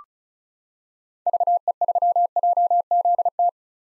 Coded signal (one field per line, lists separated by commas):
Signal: Morse code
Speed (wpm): 36 wpm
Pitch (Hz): 700 Hz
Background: none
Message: VE3JZT